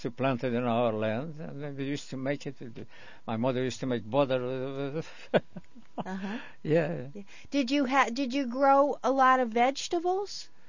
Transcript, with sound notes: We used to plant it in our land, and we used to make it. My mother used to make butter. ( he laughs ) Yeah.
Did you have, did you grow a lot of vegetables?